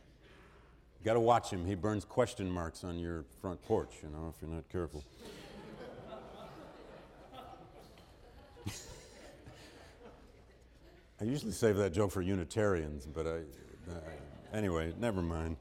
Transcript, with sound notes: You got to watch him, he burns question marks on your front porch if you're not careful. [Laughter] I usually save that joke for Unitarians, but I — anyway, never mind.